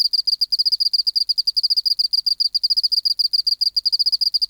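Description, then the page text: Oceanic field cricket song: steady run of crisp, rapid high-pitched pulses. Museum specimen in the BMNH Acoustic Laboratory, 19 March 1984, 11:15 local time, 24°C, 30% humidity, still air, dim light. "412:14 Teleogryllus oceanicus (514r2). BioAcoustica. Natural History Museum Sound Archive. Recording Location: BMNH Acoustic Laboratory Recorded by: W. J. Reynolds Date Recorded: Mandag, marts 19, 1984 Local time: 1115"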